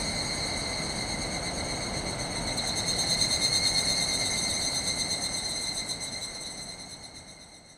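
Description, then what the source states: Evening cicada calling together, a pulsed metallic ringing that peaks then fades away toward the end, over low flowing-water noise. Chorus calling back and forth in forest after sunset, 31 July 2020, end of rainy season after heavy rain; distant swollen river roaring; recorded with ZOOM H6 and Sennheiser MKH8020.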